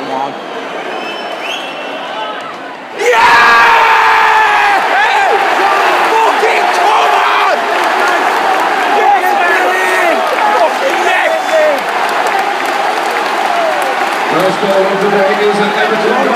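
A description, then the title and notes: A football crowd at a stadium, murmuring for the first three seconds, then bursting into a loud, dense roar that holds to the end. Whistles and shouts cut through the thick wall of voices, with clapping mixed in and a slight easing near the close. The noise at Goodison Park as Leighton Baines strokes Everton into a 1-0 lead over Manchester United.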